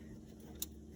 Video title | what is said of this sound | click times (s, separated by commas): Will It Run? 1963 International Loadstar 1800 Revival - First Start in 20+ Years! | Listen for that nice satisfying click on each one. | 0.6 s